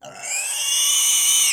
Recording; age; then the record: pig call; weaner (32 to 43 days)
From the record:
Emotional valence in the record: negative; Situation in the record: restrain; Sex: male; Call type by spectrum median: high-frequency call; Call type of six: high-frequency stable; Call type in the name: high-frequency stable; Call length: 1.54 s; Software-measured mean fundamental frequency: 236 Hz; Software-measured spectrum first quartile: 4381 Hz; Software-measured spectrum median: 6346 Hz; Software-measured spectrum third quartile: 8434 Hz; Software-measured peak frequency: 5984 Hz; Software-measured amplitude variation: 80 dB a second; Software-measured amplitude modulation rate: 27.7 a second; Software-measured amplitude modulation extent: 2.9 dB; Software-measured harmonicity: 4.0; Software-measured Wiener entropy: -2.47